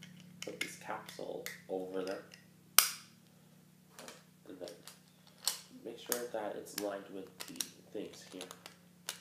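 Someone talks while handling a plastic toy capsule, lining it up with the tabs on a toy spinner launcher base before twisting it in to lock. Light plastic taps and rattles sound throughout, with one loud, sharp tap at about 2.8 s. Nothing has seated or clicked into place yet by the end.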